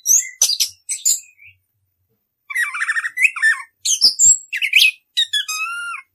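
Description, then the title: Orange-headed thrush song in separated bursts: quick chips, then harsh chattering and whistled phrases, ending with clear sliding whistles. Song style called ngerol, a rolling continuous delivery; used as a masteran, a training recording for caged songbirds. "Anis Kembang 9. suara anis kembang ngerol"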